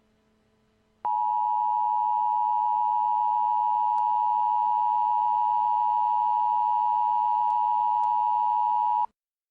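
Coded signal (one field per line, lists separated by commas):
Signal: Emergency Alert System (SAME) tones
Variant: 853 and 960 Hz attention tone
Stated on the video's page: Mock EAS activation for a nuclear attack, a simulated live-action event on an Atlanta radio station, made for entertainment.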